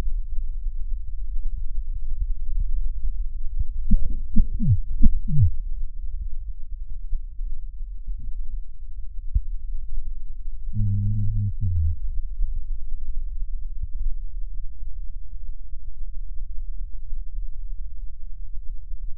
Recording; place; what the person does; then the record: lung sounds by stethoscope; right posterior basal chest; quiet breathing, then cough and speech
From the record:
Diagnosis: COPD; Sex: male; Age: 59 years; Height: 175 cm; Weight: 73 kg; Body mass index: 23.8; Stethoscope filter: bell mode